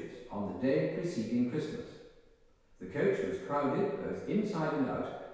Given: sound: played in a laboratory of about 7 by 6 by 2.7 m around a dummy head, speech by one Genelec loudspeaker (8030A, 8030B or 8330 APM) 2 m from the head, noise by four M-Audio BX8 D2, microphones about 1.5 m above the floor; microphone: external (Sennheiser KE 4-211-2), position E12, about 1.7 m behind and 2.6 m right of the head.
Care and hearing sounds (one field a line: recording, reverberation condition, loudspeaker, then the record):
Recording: male speech in English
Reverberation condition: high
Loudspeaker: 150 degrees to the left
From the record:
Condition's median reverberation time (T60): about 1300 ms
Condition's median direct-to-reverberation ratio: about -4.0 dB